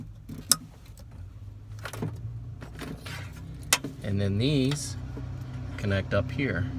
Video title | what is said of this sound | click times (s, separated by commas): NA Miata - Adding Defroster / Defogger To My NB Glass Window Soft Top! | guy clicks into place here and then | 0.5 s